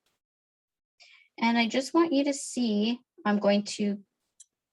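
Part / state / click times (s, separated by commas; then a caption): metal jump ring ends closed with pliers for a beaded necklace / seated / 4.4 s. The ends of a metal jewelry jump ring for a beaded necklace are pushed together with pliers holding both sides until they meet. A woman talks, then a faint, brief metallic click sounds at 4.4 s as the ends meet, showing they are close enough together and the ring is closed.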